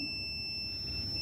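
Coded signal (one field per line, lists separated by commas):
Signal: beep code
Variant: home inverter UPS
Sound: a steady high-pitched beep about 2.7 kHz lasting the whole clip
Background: low room hum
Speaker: এই যে অন করার পরে তোমরা এই সাউন্ডটা শুনতে পাচ্ছ, এই যে বিপ সাউন্ডটা তোমরা শুনতে পাচ্ছ। এই বিপ সাউন্ডটাই হচ্ছে মেন।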